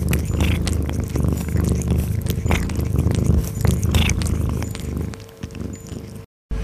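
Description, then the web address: Cat purring, a steady low rumble with soft clicking sounds throughout, fading near the end before a short silence. "Katze"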